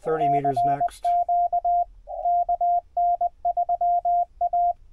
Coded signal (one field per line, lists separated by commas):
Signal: Morse code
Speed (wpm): 19 wpm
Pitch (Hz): 690 Hz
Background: speech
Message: CQ KN3A